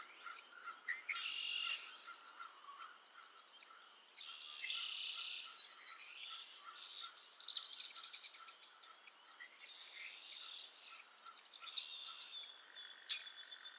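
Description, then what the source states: Dense frog chorus of overlapping buzzy trills and pulsed calls, rising and falling in loudness over a constant high-pitched chorus backdrop. Chorus of frogs calling to one another on a summer evening at Miners Marsh, Annapolis Valley, Nova Scotia.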